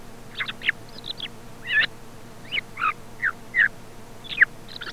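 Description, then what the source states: Thrush song: short chirped and whistled notes, some sliding, given in loose, irregular bursts over a steady low hum. Commercial lure recording sold by a Càlig company for parany bird trapping.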